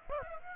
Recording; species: mosquito wingbeat signal from an infrared sensor; Aedes aegypti